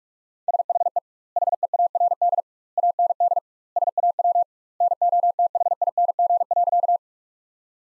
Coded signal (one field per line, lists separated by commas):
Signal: Morse code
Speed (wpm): 46 wpm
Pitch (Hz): 700 Hz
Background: none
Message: SHE HEARD AND SAW NOTHING.